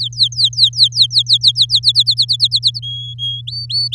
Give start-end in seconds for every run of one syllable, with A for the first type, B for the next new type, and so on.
0.00-1.79 A, 1.83-2.79 B, 2.82-3.41 C, 3.47-3.95 D